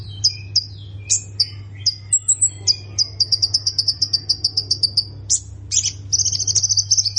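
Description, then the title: Plain prinia giving spaced sharp notes that speed into a long train of high buzzy ticks, ending in harsh chirps and a fast trill, over a low continuous hum. "Ciblek Sawah"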